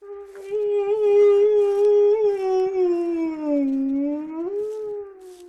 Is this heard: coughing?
no